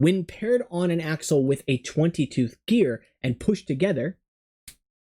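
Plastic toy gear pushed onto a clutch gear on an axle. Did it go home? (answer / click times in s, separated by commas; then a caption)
yes / 4.7 s. Someone talks while a plastic Lego gear is pushed together with a 20-tooth clutch gear on an axle. A short, faint click is heard at 4.7 s, after the speech has stopped. The gears are now engaged, so the gear turns with the axle.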